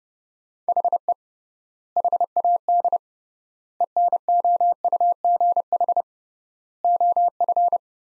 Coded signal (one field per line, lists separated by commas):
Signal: Morse code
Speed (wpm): 32 wpm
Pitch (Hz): 700 Hz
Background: none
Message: HE HAD ENOUGH OF